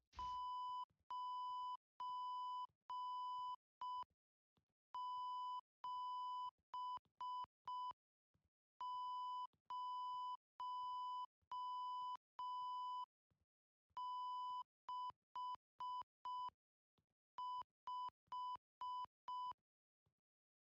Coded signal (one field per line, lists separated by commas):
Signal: Morse code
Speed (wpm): 5 wpm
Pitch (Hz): 1000 Hz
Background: none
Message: 97065